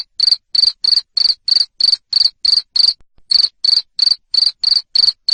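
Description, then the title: Cricket chirping: sharp, high-pitched buzzy pulses in a regular run, a short gap midway, then the same steady rhythm. Loud cricket chirping played to stimulate lovebirds into singing continuously. "Suara JANGKRIK NGERIK Keras Bikin LOVEBIRD Jadi NGEKEK Terus Vubey"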